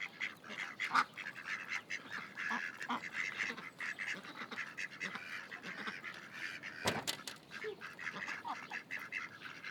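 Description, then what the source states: Ducks quacking steadily in a busy overlapping chorus, with a brief knock partway through. Ducks at Lagoa das Furnas; binaural.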